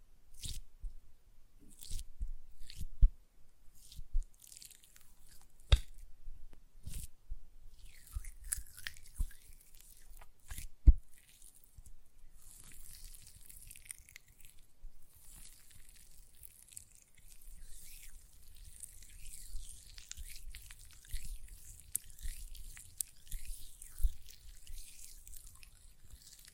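Gel lotion worked between hands makes soft, wet squishing and smacking sounds. Sharp clicks and slaps come irregularly in the first eleven seconds, then give way to a denser, continuous sticky rustle and squelch through the rest, with occasional louder pops.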